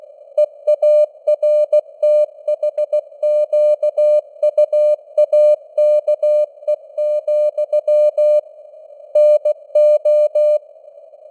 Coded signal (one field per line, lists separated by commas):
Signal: Morse code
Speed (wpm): 16 wpm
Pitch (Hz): 600 Hz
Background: none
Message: EARTHQUAKE, NO